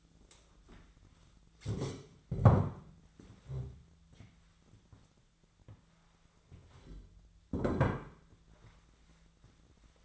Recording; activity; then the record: daily activity, microphone in the room; stand up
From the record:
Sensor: 3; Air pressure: 1008.1 hPa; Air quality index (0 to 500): 192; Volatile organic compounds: 14 ppm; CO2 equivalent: 2468 ppm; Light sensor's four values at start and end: 12/27/12/12 and 13/30/12/12